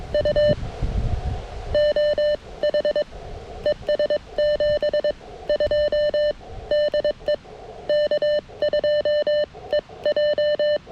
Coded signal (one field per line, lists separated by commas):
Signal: Morse code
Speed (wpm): 22 wpm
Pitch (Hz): 1800 Hz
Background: none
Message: U OH ES 72 DE K2EJ